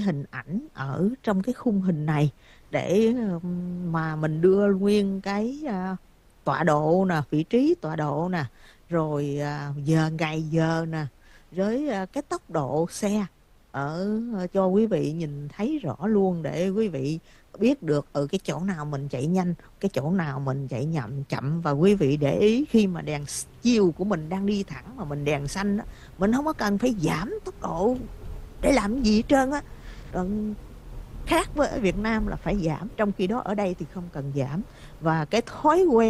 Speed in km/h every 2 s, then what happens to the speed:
0, 0, 0, 0, 0, 0, 0, 0, 0, 0, 0, 3, 13, 24, 32, 37, 42, 45.
0-21 standing. 21-33 pulls away to 45.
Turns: none.